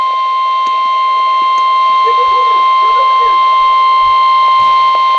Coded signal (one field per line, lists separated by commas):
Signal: Emergency Alert System (SAME) tones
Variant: 1050 Hz attention tone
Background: speech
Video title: DOUBLE HEADER!!!!! Flash Flood Warning and Flood Warning (EAS #196-197)